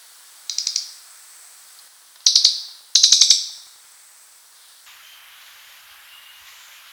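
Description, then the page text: Crested jay giving three dry, clicking rattles of rapid notes, the later ones louder and longer, followed by quieter background sounds. "Crested Jay Calls - Quick Sounds"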